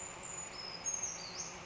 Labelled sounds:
Brown Creeper
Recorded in Sonoma County, California

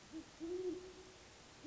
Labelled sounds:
Great Horned Owl
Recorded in Sonoma County, California

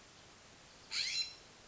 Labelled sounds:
California Scrub-Jay
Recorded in Sonoma County, California

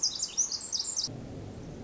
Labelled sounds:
Pacific Wren
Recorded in Sonoma County, California

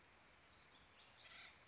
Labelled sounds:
Acorn Woodpecker
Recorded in Sonoma County, California

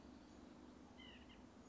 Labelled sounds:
White-breasted Nuthatch
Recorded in Sonoma County, California

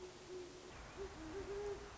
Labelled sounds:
Great Horned Owl
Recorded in Sonoma County, California

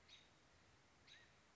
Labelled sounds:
American Robin
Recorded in Sonoma County, California

